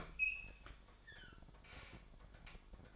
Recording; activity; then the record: daily activity, microphone in the room; open fridge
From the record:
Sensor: 5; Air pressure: 1007.8 hPa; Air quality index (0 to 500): 92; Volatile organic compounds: 1 ppm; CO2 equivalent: 723 ppm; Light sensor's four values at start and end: 43/100/42/44 and 45/104/44/46